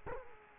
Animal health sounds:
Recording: mosquito wingbeat signal from an infrared sensor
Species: Culex quinquefasciatus

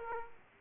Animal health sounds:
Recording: mosquito wingbeat signal from an infrared sensor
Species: Aedes aegypti

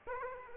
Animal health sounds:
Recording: mosquito wingbeat signal from an infrared sensor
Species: Aedes aegypti

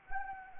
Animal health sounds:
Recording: mosquito wingbeat signal from an infrared sensor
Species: Anopheles arabiensis

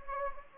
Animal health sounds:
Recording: mosquito wingbeat signal from an infrared sensor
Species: Anopheles gambiae

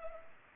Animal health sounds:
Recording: mosquito wingbeat signal from an infrared sensor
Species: Culex pipiens

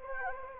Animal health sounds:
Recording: mosquito wingbeat signal from an infrared sensor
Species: Anopheles gambiae

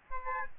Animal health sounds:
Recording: mosquito wingbeat signal from an infrared sensor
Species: Aedes albopictus

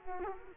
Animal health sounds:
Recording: mosquito wingbeat signal from an infrared sensor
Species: Culex quinquefasciatus

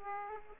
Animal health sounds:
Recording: mosquito wingbeat signal from an infrared sensor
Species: Aedes aegypti

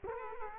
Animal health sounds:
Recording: mosquito wingbeat signal from an infrared sensor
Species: Culex quinquefasciatus

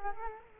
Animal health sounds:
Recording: mosquito wingbeat signal from an infrared sensor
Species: Culex quinquefasciatus

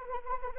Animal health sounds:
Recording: mosquito wingbeat signal from an infrared sensor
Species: Anopheles arabiensis

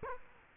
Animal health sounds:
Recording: mosquito wingbeat signal from an infrared sensor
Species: Culex quinquefasciatus

